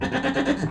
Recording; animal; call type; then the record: contact call of a hoofed animal; goat; low-frequency (closed-mouth) or high-frequency (open-mouth) call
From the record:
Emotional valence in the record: negative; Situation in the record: food frustration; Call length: 0.71 s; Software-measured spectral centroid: 1790 Hz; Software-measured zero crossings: 1610 a second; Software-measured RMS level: -24 dBFS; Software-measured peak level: -8 dBFS